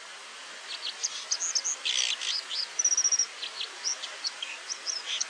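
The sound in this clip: White-throated dipper singing a varied, rambling run of high sweet notes, short chirps and one fast trill, over a steady rushing hiss.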